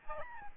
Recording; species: mosquito wingbeat signal from an infrared sensor; Aedes albopictus